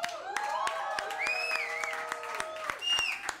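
An audience claps together in a steady rhythmic beat, sharp claps evenly spaced, while voices cheer and call out over the applause at a fairly constant loudness.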